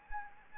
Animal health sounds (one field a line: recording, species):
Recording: mosquito wingbeat signal from an infrared sensor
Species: Anopheles arabiensis